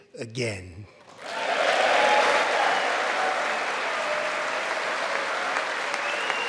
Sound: applause

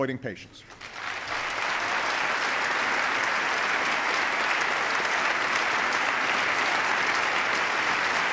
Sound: applause

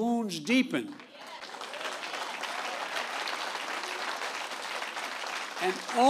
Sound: applause

